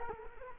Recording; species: mosquito wingbeat signal from an infrared sensor; Culex quinquefasciatus